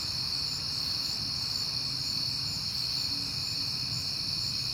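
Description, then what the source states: Cricket chorus, an unbroken high-pitched trill from many insects, with a soft low rumble underneath. Recorded on a peaceful night in September.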